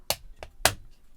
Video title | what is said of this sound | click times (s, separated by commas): The Last Jedi 3.75" Canto Bight Police Speeder with Officer Figure Review | into there and then snap the wings on just make sure that that red part is on the top of the vehicle so | 0.1 s, 0.7 s